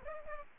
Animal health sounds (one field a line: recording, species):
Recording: mosquito wingbeat signal from an infrared sensor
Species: Aedes aegypti